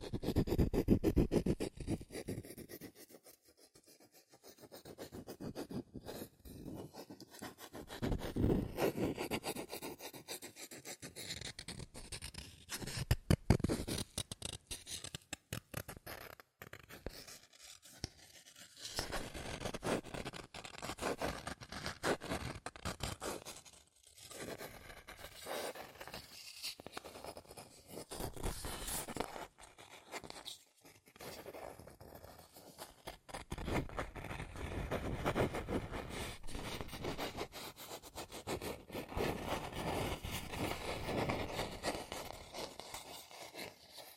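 Fast tapping, scratching and tracing on cardboard and paper, dense dry scraping strokes with frequent quick taps and brief pauses throughout.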